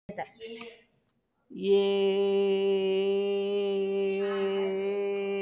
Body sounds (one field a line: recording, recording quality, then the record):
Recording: sustained vowel as in made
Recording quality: excellent, no background noise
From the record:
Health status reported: recovered from COVID-19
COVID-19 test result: positive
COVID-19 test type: rapid antigen test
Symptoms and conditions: cough, cold, sore throat, fever, muscle pain, diarrhoea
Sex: female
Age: 43 years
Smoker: no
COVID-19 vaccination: both doses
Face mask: worn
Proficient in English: yes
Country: India